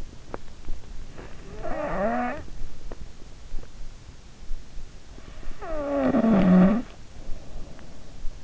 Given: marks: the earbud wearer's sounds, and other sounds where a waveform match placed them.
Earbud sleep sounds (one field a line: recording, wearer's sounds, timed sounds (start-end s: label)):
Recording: sounds in sleep by an in-ear microphone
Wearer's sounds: teeth grinding, snoring breath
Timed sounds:
0.07-3.53 s: teeth grinding
1.54-2.54 s: snoring breath
5.61-8.44 s: snoring breath